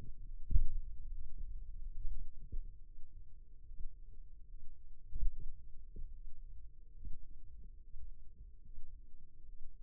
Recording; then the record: forearm muscle sounds (acoustic myography)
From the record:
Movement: finger pinch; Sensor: system 2, bracelet of six BSWA MPA416 microphones around the upper forearm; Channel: 6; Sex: male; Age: 22 years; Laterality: right